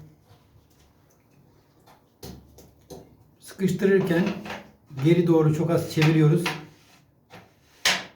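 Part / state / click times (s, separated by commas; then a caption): plastic filter lid onto pool pump filter housing / seated / 7.9 s. Someone talks while the white plastic pool pump filter lid is turned slightly backwards on its filter housing, with a few short soft knocks around 2.2, 2.6 and 2.9 seconds. At 7.9 seconds the thread start drops into place with a sharp, audible click, showing the lid has seated. It is then turned right to screw on, and easy turning means the thread is engaged correctly.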